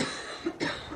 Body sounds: coughing mixed with background sound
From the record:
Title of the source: female coughing - coughing sound effects girl

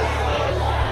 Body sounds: background sound without coughing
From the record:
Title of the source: CITY SOUNDS Busy Bar in the Evening Night - 2 HOURS of Ambiance for Relaxation

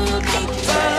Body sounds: coughing mixed with background sound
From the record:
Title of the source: choking, hacking coughing

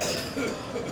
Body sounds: coughing mixed with background sound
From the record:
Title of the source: Spring Cold Coughing 3

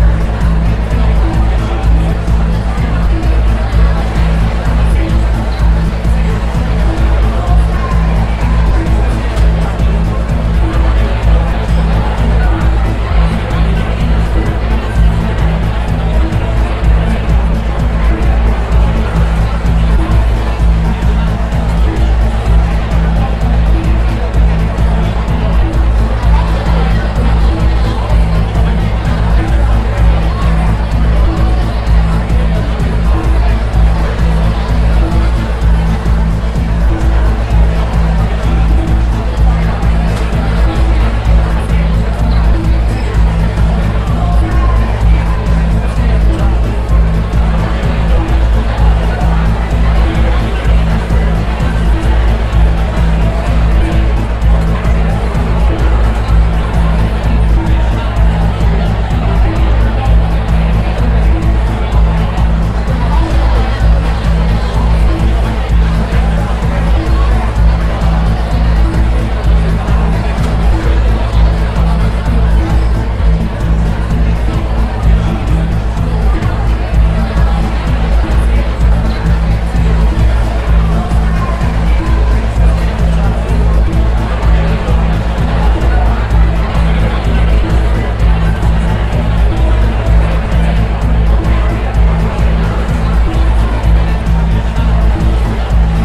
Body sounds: background sound without coughing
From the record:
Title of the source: Party Noise 1 Hour Party Ambience

